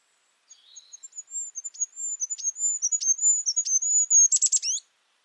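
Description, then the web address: Bird song: a thin, very high whistled warble with sharp clicks mixed in, speeding up into a rapid burst and ending with quick rising notes. "Bird Only"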